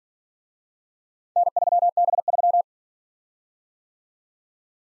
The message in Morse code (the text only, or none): N3B3